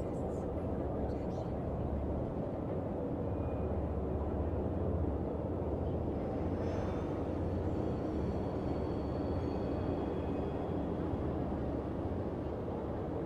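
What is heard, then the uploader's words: Futuristic city ambience: a dense, steady low rumble like heavy traffic fills the whole stretch without letting up. A few faint high tones and whistles drift through, one rising near the middle, while a brief crackle flickers at the start. Futuristic city ambience.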